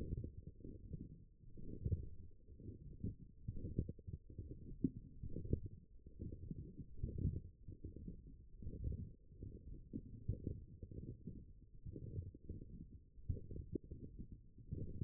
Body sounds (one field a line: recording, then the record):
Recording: forearm muscle sounds (acoustic myography)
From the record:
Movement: forearm pronation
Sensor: system 1, eight BSWA MPA416 microphones around the upper forearm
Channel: 3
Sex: male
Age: 21 years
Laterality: right